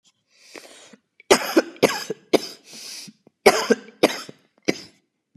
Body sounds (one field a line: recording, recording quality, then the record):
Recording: heavy voluntary cough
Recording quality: excellent, no background noise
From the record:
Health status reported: COVID-19 positive, mild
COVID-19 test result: positive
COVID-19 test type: RT-PCR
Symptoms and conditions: fatigue, diabetes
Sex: female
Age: 51 years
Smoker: no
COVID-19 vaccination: both doses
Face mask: not worn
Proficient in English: yes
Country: India